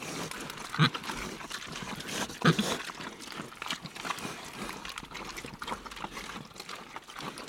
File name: pigs tamworth x 6 eat close up